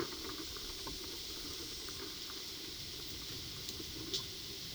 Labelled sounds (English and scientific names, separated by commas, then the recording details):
none
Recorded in pastures near Puerto Asís, Putumayo, Colombia, on 20 February 2024 at 15:00
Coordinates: 0.497, -76.327
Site G7276